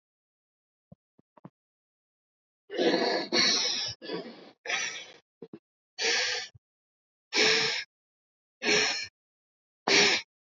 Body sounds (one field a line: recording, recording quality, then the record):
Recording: shallow breathing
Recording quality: excellent, no background noise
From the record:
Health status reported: healthy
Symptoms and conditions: cough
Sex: male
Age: 20 years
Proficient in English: yes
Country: India